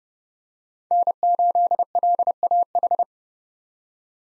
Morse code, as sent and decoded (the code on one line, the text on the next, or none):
-. ---.. .-.. .- ....
N8LAH